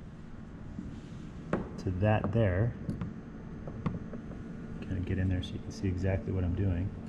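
An EV charging connector is lined up on its pin at the charge port of an original Tesla Roadster while someone talks, with brief sharp handling knocks at about 1.5, 3.0, 3.7 and 3.9 seconds. The clip ends before the connector is rotated and pushed home, so nothing has seated or clicked yet.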